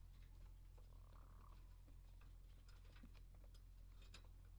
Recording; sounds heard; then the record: poultry house recording; sick chickens (respiratory disease)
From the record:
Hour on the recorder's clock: 22